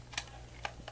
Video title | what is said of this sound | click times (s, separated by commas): How To Clean A Smoke Detector | snap right into place | 0.2 s, 0.6 s